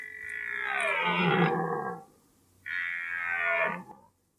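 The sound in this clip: Red deer giving two drawn-out roars separated by a short gap.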